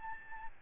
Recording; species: mosquito wingbeat signal from an infrared sensor; Aedes albopictus